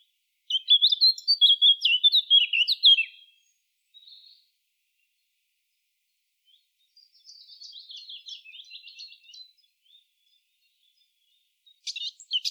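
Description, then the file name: Eurasian blackcap song, a rapid warbling phrase of high chirps and slurred notes, then a quieter scratchy passage and a brief burst near the end; no other sounds. "Sylvia atricapilla"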